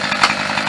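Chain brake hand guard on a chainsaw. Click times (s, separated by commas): 0.2 s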